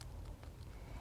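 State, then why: Not seated. Plastic feeding tubing is pushed through the cap of a supplemental nursing system bottle, where it should snap into place. Only faint low rumble and two brief soft ticks are heard; the tubing has not snapped into the cap, so the attempt is to be repeated.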